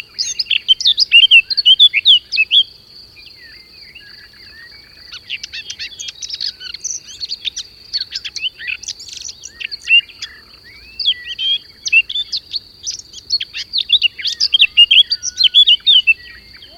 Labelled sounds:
Eurasian Blackcap (Sylvia atricapilla) song
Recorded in the wild
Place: Džebel, Khaskovo, BG
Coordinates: 41.312, 25.274
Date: 1974-05-28
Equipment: Nagra III BH, Sennheiser MD 21, parabola
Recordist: Schubert, Michael
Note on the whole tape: Gesang Mönchsgrasmücke, abends

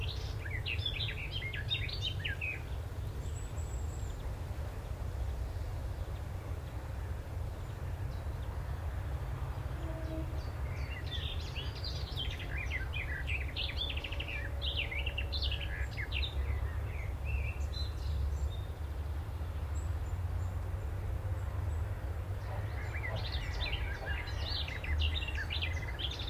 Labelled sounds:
Willow Warbler (Phylloscopus trochilus)
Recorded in captivity
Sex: male
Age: adult
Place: Volierenanlage, Zoologisches Institut Universität Tübingen, Baden-Württemberg, DE
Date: 1966-06-17
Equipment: Nagra III PH, MD 421, LGS26
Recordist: Fichtel, Stumbrat and Schneider, H.-J
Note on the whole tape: Voliere IV. Phylloscopus trochilus trochilus "sylvestris". Auch Aufnahmen vom 18. Juni um 7.35 Uhr und am 19. Juni. Nur wenige Gesänge, unergiebiges Band. MaAs: M.Sch

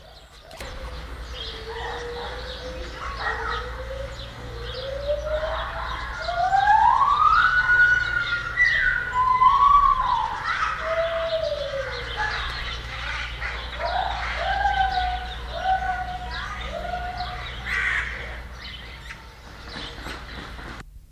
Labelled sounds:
Mantled Guereza (Colobus guereza) call
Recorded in captivity
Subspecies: caudatus
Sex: male
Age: adult
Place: Zoo Magdeburg, Sachsen-Anhalt, DE
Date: 1995-04-05
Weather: heiter, 8°C
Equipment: Marantz CP 430, Sennheiser ME 80, Kopie Uher Variocord 263
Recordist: Tembrock, Günter

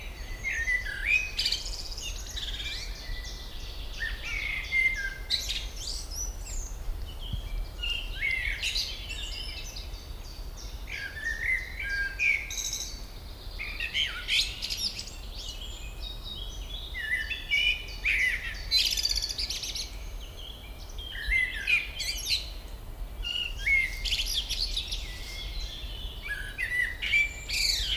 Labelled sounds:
Common Blackbird (Turdus merula) song
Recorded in the wild
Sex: male
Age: adult
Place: Briesetal, Brandenburg, DE
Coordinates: 52.6833, 13.2667
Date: 1997-05-17 18:13
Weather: sunny, 25°C
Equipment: Sony MD-WM MZ-R3, Sennheiser MKH 416 T, Kopie Uher 4000 Report Monitor
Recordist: Tembrock, Günter

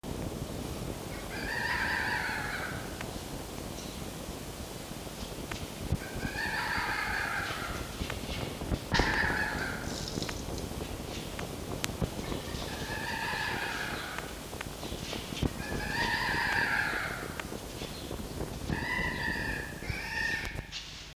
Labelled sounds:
Red Fox (Vulpes vulpes)
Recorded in captivity
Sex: female
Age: juvenile
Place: Zoologisches Institut der HUB, Berlin, DE
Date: 1953-04-22 12:40
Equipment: Elmetra
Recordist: Tembrock, Günter
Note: Fiffi-Welpen, w 3: rhythmisches Quärren (auf Tisch liegend)

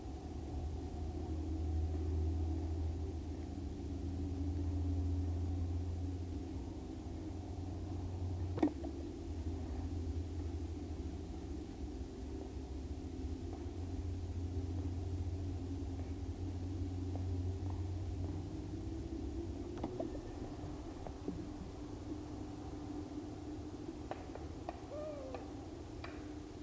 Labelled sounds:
Long-eared Owl (Asio otus) song
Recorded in the wild
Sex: male
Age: adult
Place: Rötlen, Baden-Württemberg, DE
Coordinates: 48.9664, 10.2194
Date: 1971-05-09
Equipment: Uher Report 4200, Scotch-Classic 19cm, AKG D190C in Doppelparabolreflektoren
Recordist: Krey, Winfried

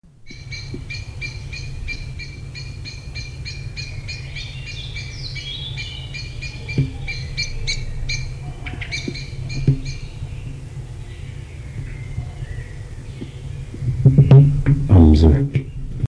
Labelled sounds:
Common Blackbird (Turdus merula) call
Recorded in the wild
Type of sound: call
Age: adult
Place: Feldberg - Koldenhof, Mecklenburgische Seenplatte, Mecklenburg, DE
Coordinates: 53.3333, 13.3167
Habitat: mixed forest
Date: 1976-06-18 20:25
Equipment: Uher CR 210, Sennheiser MD 421 HL, Verstärker, Reflektor, Kopie Uher 4200
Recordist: Tembrock, Günter
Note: Wald bei Koldenhof. Erregungslaute

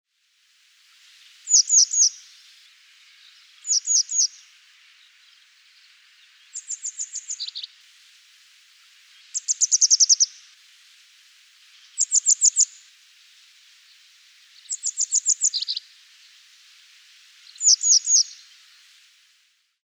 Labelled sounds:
Grey Wagtail (Motacilla cinerea)
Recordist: Tembrock, Günter
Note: Gesang

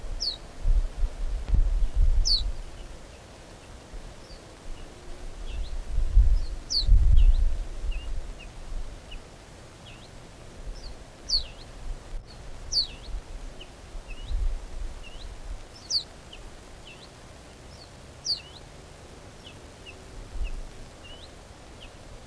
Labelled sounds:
Ortolan Bunting (Emberiza hortulana) begging call
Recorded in the wild
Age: juvenile
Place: Schloß Holte-Stukenbrock, Senne, Nordrhein-Westfalen, DE
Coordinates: 51.8667, 8.65861
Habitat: edge of the woods
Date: 1966-05-28
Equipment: Uher 4000 Report-S, Bändchenmikro Beyer M 260, Parabolspiegel Polyester (470 mm)
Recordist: Conrads, Klaus
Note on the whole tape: Waldrand südlich Hof Brock (Furlbach-Gebiet). Band Co 8A: Jungvogel: Bettelrufe nach Auslaufen

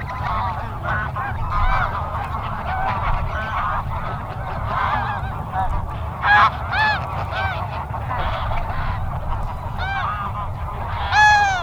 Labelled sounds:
Greylag Goose (Anser anser) call
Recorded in the wild
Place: Trent, Insel Rügen, Mecklenburg-Vorpommern, DE
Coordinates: 54.511, 13.314
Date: 1975-09-03 12:17
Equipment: Nagra III BH, Sennheiser MD 21
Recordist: Schubert, Michael

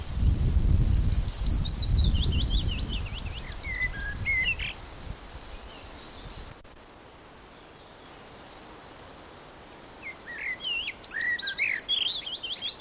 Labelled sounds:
Willow Warbler (Phylloscopus trochilus)
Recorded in the wild
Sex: male
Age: adult
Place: Summt, Brandenburg, DE
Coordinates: 52.687, 13.374
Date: 1992-05-23 15:10
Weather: 23-24°C, böiger Wind
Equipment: Nagra SN, Mikrofon AKG CK 8, Kopie Tesla B 116
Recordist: Tembrock, Günter

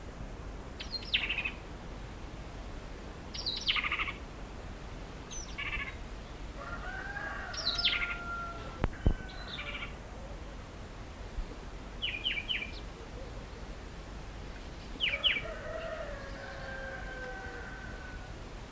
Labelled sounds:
Grey Tit (Parus afer) call
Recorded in the wild
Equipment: Halbspur, 9,5 cm/s
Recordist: Lütgens, Hans
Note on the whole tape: Rufe

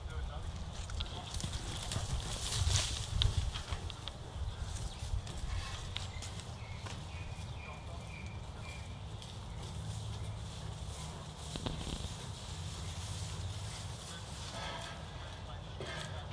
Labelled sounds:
Muskox (Ovibos moschatus) rut call
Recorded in captivity
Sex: male
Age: adult
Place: Tierpark Berlin, Berlin, DE
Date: 1971-10-06 12:11
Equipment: Nagra, Scotch-Band LP Polyester
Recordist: Altmann, Dagmar
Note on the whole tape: Bulle "Bogomil": Brunftlaute. Aufnahmen von 12.11 bis 14.37 Uhr

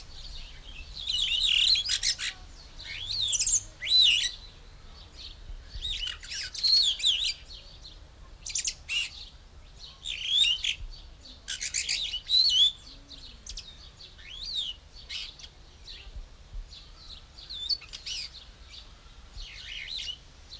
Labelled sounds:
Daurian Starling (Agropsar sturninus) song
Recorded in captivity
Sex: male
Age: adult
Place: Zoo Berlin, Berlin, DE
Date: 1999-07-03 13:07
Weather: fair, 25-27°C
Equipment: Sony WM-D6C, Sennheiser ME 80, Kopie Uher 4000 Report Monitor
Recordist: Tembrock, Günter

